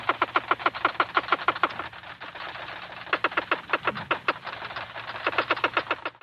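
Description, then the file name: Beluga whale pulsed calls: rapid trains of sharp, clicky buzzing pulses, pausing briefly near the middle before resuming, over a low steady hum. "zvuki belukhi"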